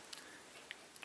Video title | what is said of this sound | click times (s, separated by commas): Ruger 10/22 Talking, Cleaning, and Magazine Release | you heard it I wasn't talking over it but it clicked in place | 0.7 s